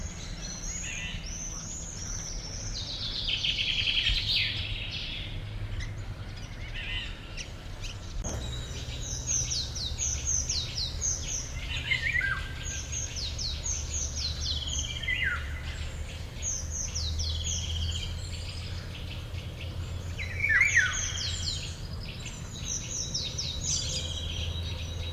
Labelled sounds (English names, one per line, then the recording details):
Eurasian Golden Oriole
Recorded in the wild
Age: adult
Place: Schielleitn
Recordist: Brunner, Thomas